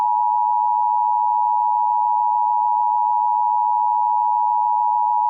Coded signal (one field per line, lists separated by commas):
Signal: Emergency Alert System (SAME) tones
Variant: 853 and 960 Hz attention tone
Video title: EAS Scenario #7: Great Terror Attack of The 🇬🇧.